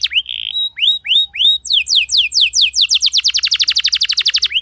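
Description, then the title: Canary singing: a few separate downslurred whistles, then an accelerating trill of quick high notes that grows faster and denser. Canary song with fast, dense chirping, used as a lure to teach young canaries to sing. "Kenari Gacor Speed RAPAT Cuit Cuit Ngero L Suara Bagus Untuk Pancingan Kenari Paud Belajar Bunyi"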